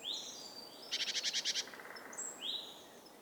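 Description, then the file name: Great tit churring call, a quick buzzy rattle of about seven pulses trailing off softer, framed by thin rising whistles. "Parus major"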